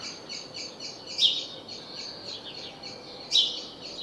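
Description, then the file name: House sparrow chirps, a continuous soft twittering chatter with two louder sharp chirps standing out, over light background hiss. "Passer domesticus"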